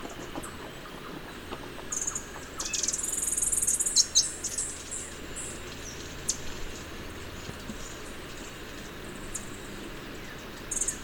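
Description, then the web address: Ashy-throated bush-tanager song: a thin, very high buzzy trill lasting about a second, with scattered sharp chips before and after over a steady low hum. Recorded in Ecuador. "Birds of Ecuador. Ashy-throated Bush-Tanager"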